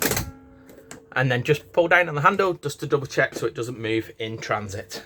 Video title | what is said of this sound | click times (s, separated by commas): 2019- Carado T449 | One thing we do tell you to do is when you're clipping it back in, you'll hear a defined click, | 0.9 s